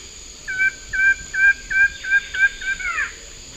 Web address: Natures Songs S America Eastern Lowlands. Thamnophilus schistaceus, song